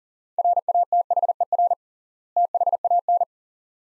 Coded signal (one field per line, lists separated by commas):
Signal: Morse code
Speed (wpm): 40 wpm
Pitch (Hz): 700 Hz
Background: none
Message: RATHER THAN